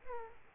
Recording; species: mosquito wingbeat signal from an infrared sensor; Aedes aegypti